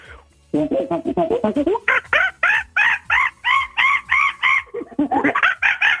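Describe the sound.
A man imitates a monkey while making its gestures: rapid low hooting grunts climb into a loud, steady series of about ten high-pitched rhythmic shrieks, ending with a burst of quick chattering.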